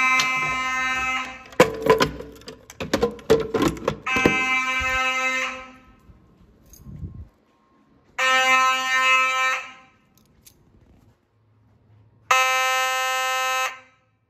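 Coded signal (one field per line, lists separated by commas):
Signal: alarm pattern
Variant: Simplex horns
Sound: harsh buzzing fire alarm horn blasts, each about 1.5 seconds, with pauses between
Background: mechanical clatter, room echo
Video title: Fire Alarm Test #104 | Vintage Simplex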